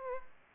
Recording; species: mosquito wingbeat signal from an infrared sensor; Aedes aegypti